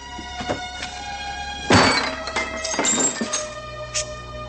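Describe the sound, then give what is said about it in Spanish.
Test gunshots ring out: one loud, sharp crack followed by a couple of softer bursts with a brittle, shattering edge, all over a steady humming tonal background with no talking. “Más tiros, no.”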